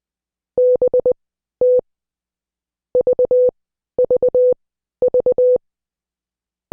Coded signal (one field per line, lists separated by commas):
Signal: Morse code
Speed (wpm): 20 wpm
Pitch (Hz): 500 Hz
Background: none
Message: BT VVV